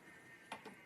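A detachable handle, taken off so the craft stamping or storage unit fits snugly in storage, is refitted into its mount on the unit. It snaps in with one sharp click at 0.5 s, followed by a softer knock around 0.7 s. The handle is seated and stays in until it is pulled out.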